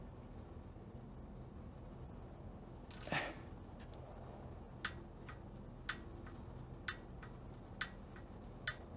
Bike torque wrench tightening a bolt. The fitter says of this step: can you hear that little snap all right so that's